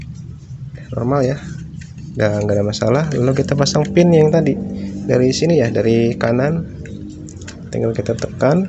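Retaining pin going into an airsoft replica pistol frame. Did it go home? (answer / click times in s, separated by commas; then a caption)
no / none. A retaining pin is inserted from the right side into the frame of a Beretta Q9 airsoft replica pistol and pressed in while someone talks. A few faint, brief handling ticks are heard near the end. The pin has not seated or clicked home yet.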